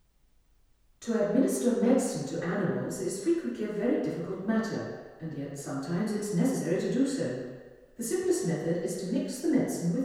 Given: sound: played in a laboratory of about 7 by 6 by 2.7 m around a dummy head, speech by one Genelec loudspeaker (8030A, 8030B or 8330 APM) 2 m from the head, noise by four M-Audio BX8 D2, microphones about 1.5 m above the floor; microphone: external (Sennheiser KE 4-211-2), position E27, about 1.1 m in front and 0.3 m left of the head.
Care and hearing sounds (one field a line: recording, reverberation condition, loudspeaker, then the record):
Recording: female speech in English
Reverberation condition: high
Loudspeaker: 150 degrees to the right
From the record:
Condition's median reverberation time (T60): about 1300 ms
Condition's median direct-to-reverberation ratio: about -4.0 dB